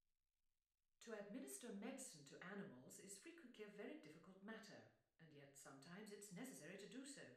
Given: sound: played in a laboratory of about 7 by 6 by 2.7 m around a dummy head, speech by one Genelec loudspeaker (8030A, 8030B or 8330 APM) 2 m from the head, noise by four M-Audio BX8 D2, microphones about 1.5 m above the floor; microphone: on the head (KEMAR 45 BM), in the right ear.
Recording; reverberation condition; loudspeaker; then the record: female speech in English; medium; 150 degrees to the right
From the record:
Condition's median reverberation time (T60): about 510 ms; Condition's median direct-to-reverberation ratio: about -0.5 dB